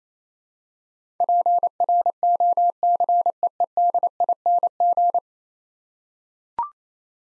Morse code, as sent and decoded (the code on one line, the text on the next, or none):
.--. .-. --- -.-. . . -.. .. -. --.
PROCEEDING